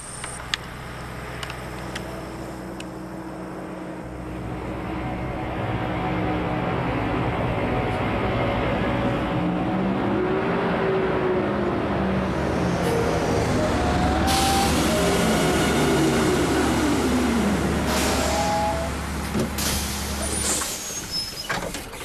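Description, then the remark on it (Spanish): A bus's engine rumbles steadily while rising and falling brake squeals whine over it, then sharp bursts of air-brake hiss as the passing bus slows and comes to a stop. “consigue que un autobús que pasa por allí se detenga y lo lleve de nuevo al pueblo.”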